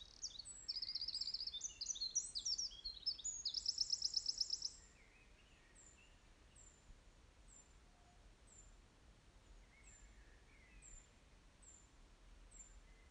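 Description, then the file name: Eurasian wren song, about five seconds of loud, rapid high-pitched notes with a fast rattling trill near the end, then only soft repeated thin high notes over hiss. "Troglodytes troglodytes"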